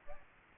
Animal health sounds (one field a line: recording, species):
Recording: mosquito wingbeat signal from an infrared sensor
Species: Aedes albopictus